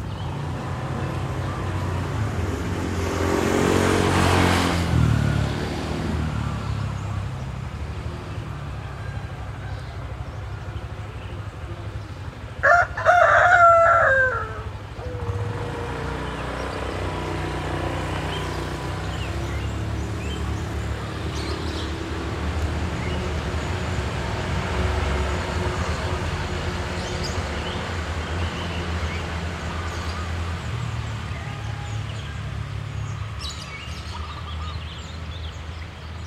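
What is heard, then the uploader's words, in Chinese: A village morning with a steady low rumble of traffic and activity throughout. Around four seconds a vehicle passes, and near thirteen seconds a rooster crows loudly. Faint chatter and scattered small sounds continue in the background. 印尼東爪哇-博約內哥羅區的鄉村早晨 Urban Soundscapes - East Java, a morning in Bojonegoro village recorded by Nigel Brown。這是一個村落的早晨，穿過市集，圍繞著一所學校周邊，日常的聲景，向我們層層舖展開來。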